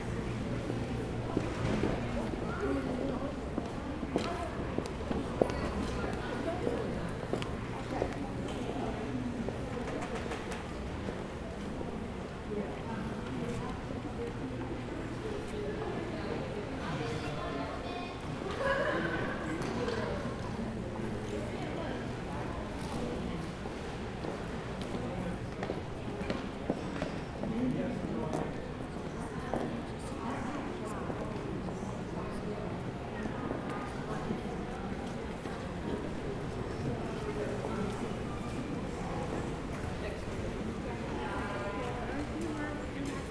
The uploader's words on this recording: Lobby at the Museum.